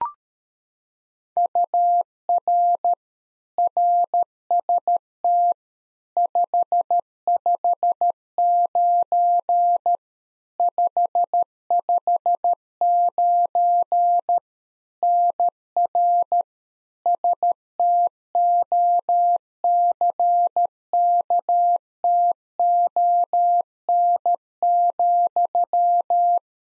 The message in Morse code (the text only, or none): UR RST 559 559 NR STOCKTON,